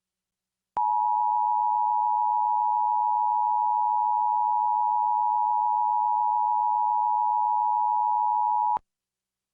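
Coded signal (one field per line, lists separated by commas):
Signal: Emergency Alert System (SAME) tones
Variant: 853 and 960 Hz attention tone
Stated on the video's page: Severe thunderstorm warning with human-read voice message.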